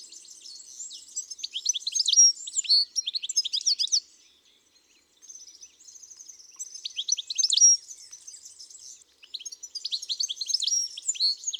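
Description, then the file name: European goldfinch singing a dense, jangling twitter of high, quick notes in long phrases broken by short pauses near four and nine seconds. Garden bird. "Chardonneret elegant"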